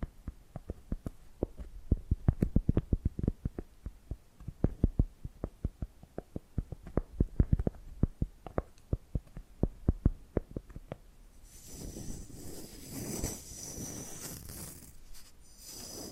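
Quick, irregular tapping fills the first eleven seconds, then gives way to a steady, bright scratching rasp that continues to the end.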